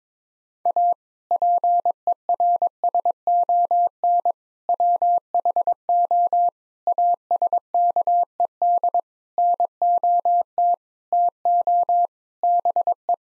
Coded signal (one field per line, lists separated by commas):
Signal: Morse code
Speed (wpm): 22 wpm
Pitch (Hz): 700 Hz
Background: none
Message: A PERSON WHO ASKED NOT TO BE